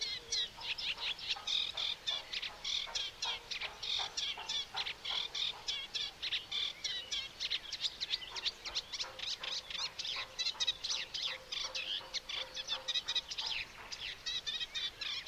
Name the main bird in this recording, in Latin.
Acrocephalus scirpaceus